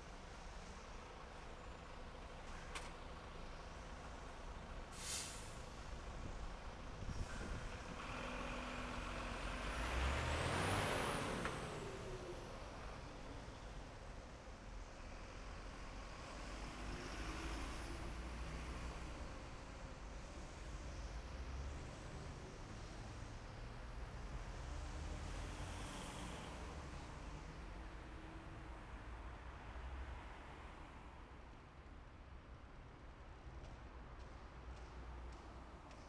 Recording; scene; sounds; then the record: everyday scene through a hearing-aid microphone; in traffic; traffic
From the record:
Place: main city hub, rush hour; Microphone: behind the ear, left, rear